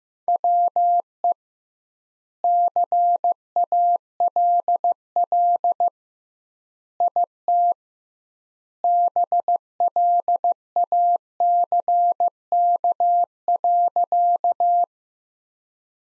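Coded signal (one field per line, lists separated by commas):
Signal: Morse code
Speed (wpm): 16 wpm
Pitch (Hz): 700 Hz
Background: none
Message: WE CALL IT BLACK.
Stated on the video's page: Sentences built from the top 400 words, sent at 15 wpm with double word spacing; a head-copy practice drill similar to the Farnsworth method.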